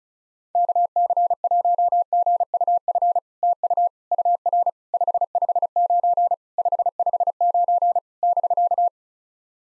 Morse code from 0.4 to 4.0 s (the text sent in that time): KC1GUF TU